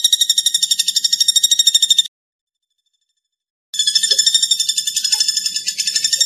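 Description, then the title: Bird trill: a fast, shrill pulsed chatter stops for over a second of silence, then resumes at the same brisk rapid pace. Masteran recording, used for training songbirds to learn song. "Suara masteran Burung"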